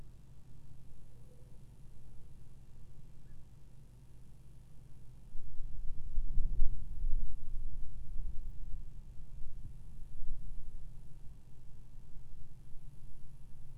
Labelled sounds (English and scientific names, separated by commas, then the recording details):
unidentified sound, Black-crowned Night-Heron (Nycticorax nycticorax)
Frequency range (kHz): Black-crowned Night-Heron (Nycticorax nycticorax) 1.6-1.8 kHz
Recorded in France